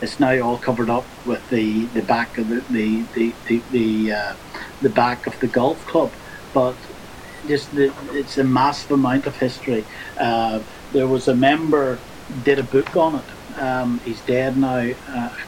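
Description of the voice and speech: Adult man, a stroke survivor, speaking with repeated 'the', long pauses and fillers: acquired stuttering after stroke, which he can hear in his own voice, and word-finding difficulty attributed to the stroke.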